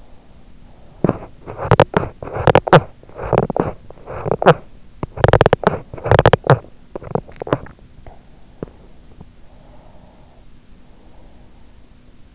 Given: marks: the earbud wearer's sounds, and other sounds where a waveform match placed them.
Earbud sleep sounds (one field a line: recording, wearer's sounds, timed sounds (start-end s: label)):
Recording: sounds in sleep by an in-ear microphone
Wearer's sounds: teeth grinding, swallowing, breath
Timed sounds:
0.82-7.36 s: teeth grinding
7.36-9.43 s: swallowing
9.43-11.82 s: breath